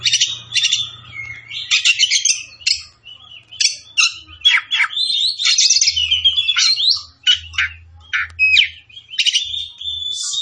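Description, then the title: Oriental magpie-robin pouring out a lively song of mixed whistles, rasping trills and chips in quick succession, with a low hum in places. Tretes; singing vigorously, described as gacor. "Kacer Tretes"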